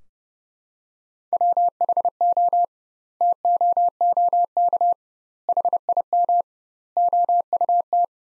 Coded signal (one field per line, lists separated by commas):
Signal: Morse code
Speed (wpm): 30 wpm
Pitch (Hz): 700 Hz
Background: none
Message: WHO TOOK HIM OUT